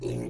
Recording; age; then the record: pig call; weaner (32 to 43 days)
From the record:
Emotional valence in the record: negative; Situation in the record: short isolation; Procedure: open field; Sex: female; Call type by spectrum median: low-frequency call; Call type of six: low-frequency stable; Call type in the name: low-frequency stable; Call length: 0.29 s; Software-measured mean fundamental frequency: 59 Hz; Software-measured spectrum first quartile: 164 Hz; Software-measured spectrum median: 327 Hz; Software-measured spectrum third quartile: 561 Hz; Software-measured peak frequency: 356 Hz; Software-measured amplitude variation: 108 dB a second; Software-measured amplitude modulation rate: 28.9 a second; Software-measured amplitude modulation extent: 3.7 dB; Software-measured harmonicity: 3.6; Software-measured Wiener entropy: -0.48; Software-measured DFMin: 1195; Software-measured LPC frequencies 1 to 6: 375, 2227, 2656, 3861, 4357, 5696 Hz